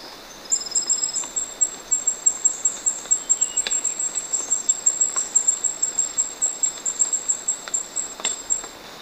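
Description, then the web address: Indigo flowerpiercer song, a long, even series of rapid, very high notes with no break. Recorded in Ecuador. "Natures Songs S America Birds of Ecuador Indigo Flowerpiercer"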